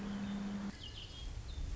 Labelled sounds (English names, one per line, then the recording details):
Red-winged Blackbird
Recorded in Sonoma County, California